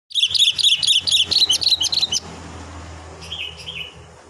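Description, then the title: Sooty-headed bulbul chirping in a quick run of bright, high notes, followed by a softer two-note phrase over a steady low hum. "Kutilang"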